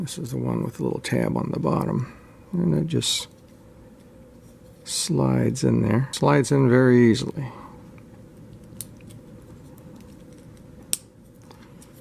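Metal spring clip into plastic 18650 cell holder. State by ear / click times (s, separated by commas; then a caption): seated / 10.9 s. Someone talks while a metal spring clip with a small tab on the bottom, meant for soldering, is slid into a plastic 18650 cell holder. After quiet faint handling ticks, the clip is pushed down and snaps home with a sharp click at 10.9 s, seating it in the holder.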